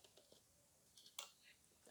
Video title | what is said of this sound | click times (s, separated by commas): Adapter baru dari Sony?? | sudah bunyi klikklik berarti dia sudah cocok | 1.2 s